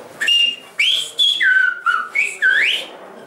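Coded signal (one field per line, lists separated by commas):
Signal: whistled language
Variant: Silbo Gomero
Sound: loud human whistle gliding up and down in about six phrases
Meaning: The whistled phrase renders the name Christine Pfandlsteiner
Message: Christine Pfandlsteiner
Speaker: Okay. You name? Christine Pfandlsteiner.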